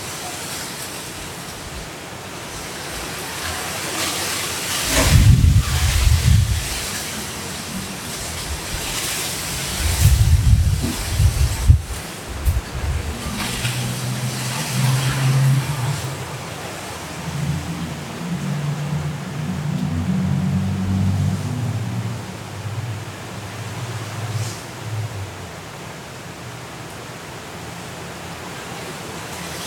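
Hurricane wind and rain roar steadily through a city at night, a dense hiss that never lets up. Strong gusts swell around five and ten seconds, and from about thirteen seconds a low rumble churns underneath, rising and falling until near the end.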